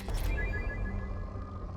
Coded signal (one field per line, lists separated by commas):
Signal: none